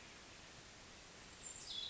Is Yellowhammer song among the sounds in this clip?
no